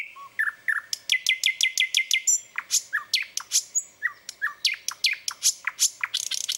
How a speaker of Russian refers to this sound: потому что он послушал разных других соловьев, научился у них всякому, взял кусочек у одного, кусочек у другого, и его песня получилась очень богатой и разнообразной, и интересной.